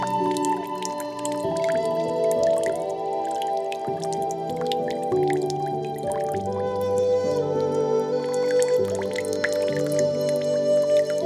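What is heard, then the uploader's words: Drips of water fall in the garden, short bright ticks landing irregularly several times a second throughout. Beneath them runs a steady, layered hum of held tones, low to middle in pitch, that shifts to new notes every one to three seconds. Drips of Water in the Garden.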